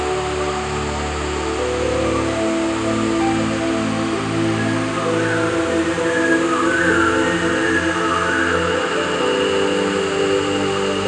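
An echoey jungle at night, filled with a dense, unbroken chorus of insects and calls layered from low hums to bright, high trilling. The wash stays steady at a constant level, with faint pulsing and brief higher calls rising around the middle.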